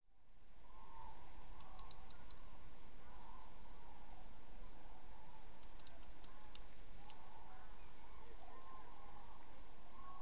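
European robin giving two brief bursts of four or five sharp, high ticking notes, several seconds apart, against constant low background hum.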